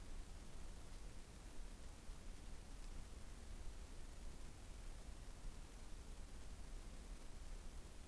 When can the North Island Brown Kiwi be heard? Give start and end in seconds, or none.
none